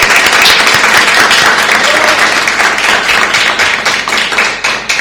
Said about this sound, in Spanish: Bueno, vamos a estar en presencia de …, un músico acá de la zona. Un aplauso cerrado, por favor, para ….